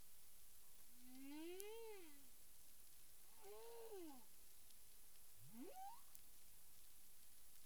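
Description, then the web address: Humpback whale calls: two arching moans that rise then fall, followed by a fast upward sweep, with steady background hiss. Recorded 9 April 2002 at 18:00 UTC. "humpback whale 20020409 180053 UTC"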